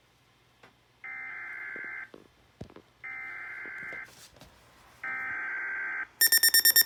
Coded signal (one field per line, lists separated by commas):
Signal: Emergency Alert System (SAME) tones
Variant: header bursts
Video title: Weatheradio Canada XLM 572 EAS GLITCH! Broadcast Malfunction?